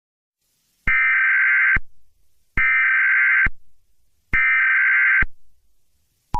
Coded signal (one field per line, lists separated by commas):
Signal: Emergency Alert System (SAME) tones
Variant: header bursts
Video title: EAS Scenario #18: Don't run if they know your name